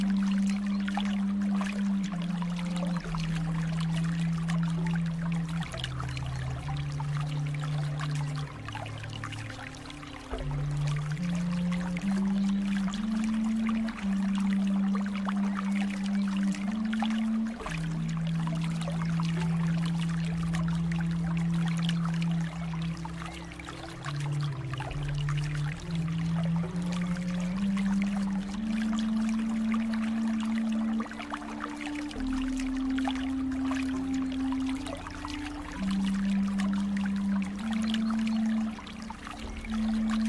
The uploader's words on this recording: Relaxing Water flow sound.